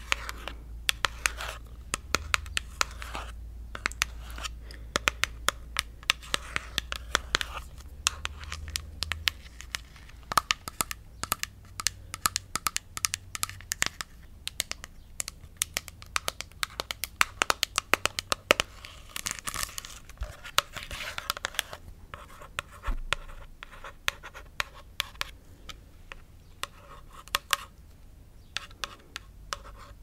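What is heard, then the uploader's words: Crisp tapping and scratching, with quick irregular taps scattered densely through the whole half minute. Bursts of brighter scratching and tracing come around the middle, while a soft low rumble sits underneath during the first ten seconds. ASMR Tingly Tapping, Tracing & Scratching.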